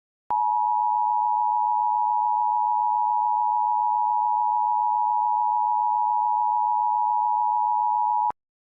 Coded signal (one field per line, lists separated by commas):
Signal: Emergency Alert System (SAME) tones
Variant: 853 and 960 Hz attention tone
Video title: EAS Test Of Color Crew On E/I Toons